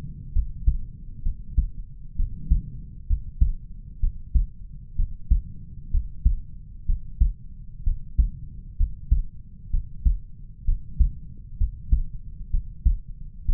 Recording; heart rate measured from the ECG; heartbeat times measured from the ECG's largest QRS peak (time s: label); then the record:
heart sounds by stethoscope; 64 bpm
0.33 s: heartbeat
1.23 s: heartbeat
2.16 s: heartbeat
3.07 s: heartbeat
4.00 s: heartbeat
4.96 s: heartbeat
5.91 s: heartbeat
6.86 s: heartbeat
7.84 s: heartbeat
8.77 s: heartbeat
9.71 s: heartbeat
10.65 s: heartbeat
11.57 s: heartbeat
12.51 s: heartbeat
13.46 s: heartbeat
From the record:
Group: healthy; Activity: rest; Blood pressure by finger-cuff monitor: 97/73 mmHg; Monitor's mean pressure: 81 mmHg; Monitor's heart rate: 64 bpm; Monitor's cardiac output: 4.7 L/min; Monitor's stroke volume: 73 mL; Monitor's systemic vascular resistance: 1260 dyn s/cm5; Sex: male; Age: 20 years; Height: 187 cm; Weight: 68.9 kg